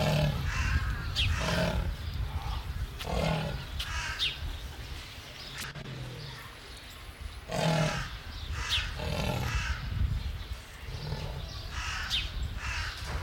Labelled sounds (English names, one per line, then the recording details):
Leopard
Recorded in captivity
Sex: male
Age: adult
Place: Zoo Berlin, Berlin, DE
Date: 1995-02-25 12:28
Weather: wolkig, 3°C
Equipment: Marantz CP 430, Sennheiser ME 80, Kopie Uher Variocord 263
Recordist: Tembrock, Günter